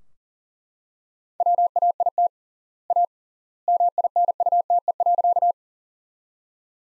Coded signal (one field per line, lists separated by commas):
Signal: Morse code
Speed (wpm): 40 wpm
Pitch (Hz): 700 Hz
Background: none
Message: WAIT A MINUTE.